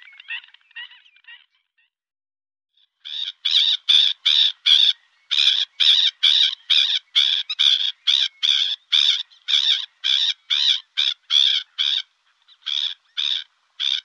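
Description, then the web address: Black-winged stilt: faint calls at first, then after a pause a loud, insistent run of harsh yapping notes, roughly two to three per second. "Faglar Sound Styltlopare"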